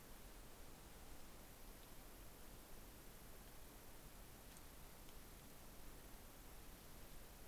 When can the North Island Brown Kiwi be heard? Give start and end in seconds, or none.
none